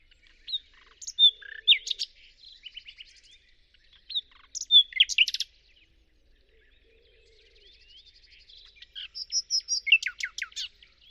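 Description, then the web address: Birdsong in three bursts of quick, varied chirps and whistles, separated by quieter scattered twitter, ending with a rapid series of sharp descending notes. "Deverinetal 2025. Bird Only"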